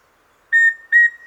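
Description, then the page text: Rufous-breasted antthrush song of two even, flat whistled notes in quick succession, the second fading out gently, against faint background hiss. "Andrew Spencer - Рыжегрудая питтоподобная муравьеловка (Formicarius rufipectus)"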